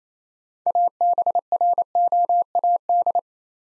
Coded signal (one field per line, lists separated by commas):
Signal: Morse code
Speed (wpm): 27 wpm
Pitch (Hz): 700 Hz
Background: none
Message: ABROAD